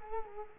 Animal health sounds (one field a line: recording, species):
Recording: mosquito wingbeat signal from an infrared sensor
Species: Culex quinquefasciatus